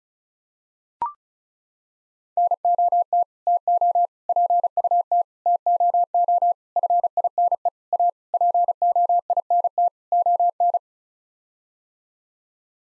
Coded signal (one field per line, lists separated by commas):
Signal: Morse code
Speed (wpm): 34 wpm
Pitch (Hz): 700 Hz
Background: none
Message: NOT TO PUT TOO FINE A POINT ON